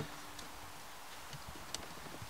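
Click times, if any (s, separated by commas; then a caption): 1.8 s. An eyeball vent housing from an NB Miata, now fitted with gauges, is pressed back into its factory vent opening in the dashboard. After a few faint plastic ticks, it snaps in with one sharp click at 1.8 s. The housing is seated and looks factory.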